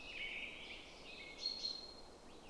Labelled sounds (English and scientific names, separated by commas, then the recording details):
Common Chaffinch (Fringilla coelebs)
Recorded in Germany
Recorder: ecoPi